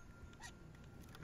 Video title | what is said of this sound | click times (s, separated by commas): Ring Stick Up Cam Review (Setup, Installation, etc.) | I'll slide the panel onto the mount until it securely locks into place. | 1.2 s